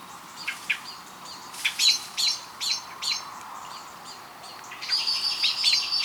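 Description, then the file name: Eurasian blackbird calls: short sharp chirps scattered irregularly through the first half, then a thin high drawn-out whistle near the end over a steady background hiss. "Turdus merula"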